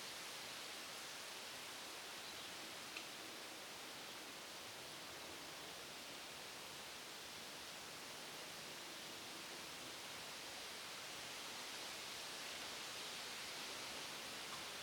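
Wind rushes steadily through trees in a dense, even hiss, with a faint tick near three seconds and little change throughout.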